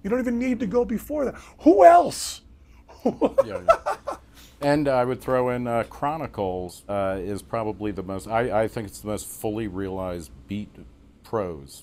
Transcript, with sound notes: You don't even need to go before that." Who else? *laughs*
And I would throw in Chronicles as probably the most—I think it's the most fully realized beat prose.